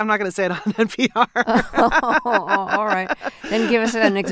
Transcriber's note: laughter